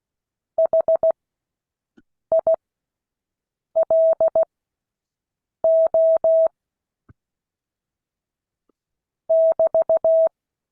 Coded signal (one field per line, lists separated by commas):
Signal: Morse code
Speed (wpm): 16 wpm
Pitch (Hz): 650 Hz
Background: none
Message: HILO <BT>